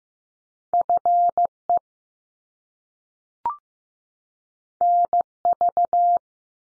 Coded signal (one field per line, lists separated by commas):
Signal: Morse code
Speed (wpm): 15 wpm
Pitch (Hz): 700 Hz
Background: none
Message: F E N V